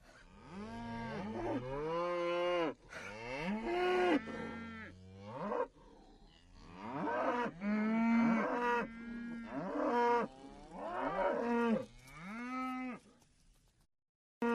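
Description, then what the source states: Cows mooing, several long, loud, overlapping lows rising and falling in pitch, almost continuous for about thirteen seconds before a brief silence. Field of cows grazing.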